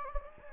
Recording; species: mosquito wingbeat signal from an infrared sensor; Anopheles gambiae